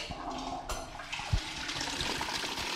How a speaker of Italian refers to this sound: Ma cos'è questo? Il suo sciacquone? Ma è il suo? Ma che? Avete messo un altro sciacquone? Che sciacquone è questo? No, di qualcun altro. Mi hanno messo in collegamento con qualcuno che sta tirando la catenella del cesso.